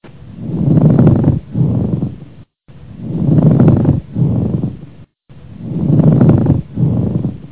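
Pleural friction rubs over an adult chest, heard through a stethoscope: coarse, low-pitched grating sounds in both phases of each breath, across three breathing cycles.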